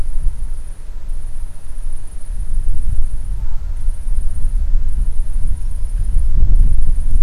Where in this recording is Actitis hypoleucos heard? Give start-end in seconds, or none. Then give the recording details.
5.61-6.29. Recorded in France